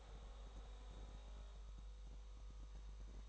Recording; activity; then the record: daily activity, microphone in the room; make coffee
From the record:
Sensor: 3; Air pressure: 1002.0 hPa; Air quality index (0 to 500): 248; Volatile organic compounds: 52 ppm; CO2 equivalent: 3317 ppm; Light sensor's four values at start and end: 12/37/16/13 and 12/36/16/13